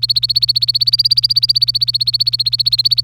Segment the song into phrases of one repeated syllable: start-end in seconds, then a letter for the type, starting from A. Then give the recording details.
0.00-3.01 A. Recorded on 25 April 2018 at 08:39. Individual llb3